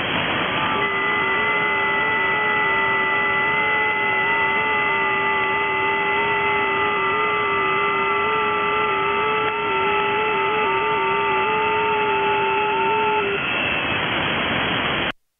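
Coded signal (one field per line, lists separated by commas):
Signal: FT8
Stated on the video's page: 30m FT8 signal from Socotra Island, Yemen, 4180 miles (6727 km) away, a new DXCC entity.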